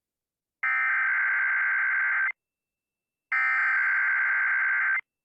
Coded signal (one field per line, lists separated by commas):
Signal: Emergency Alert System (SAME) tones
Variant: header bursts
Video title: EAS Tornado Watch #5 Arkansas, Louisiana, and Mississippi NOAA Weather Radio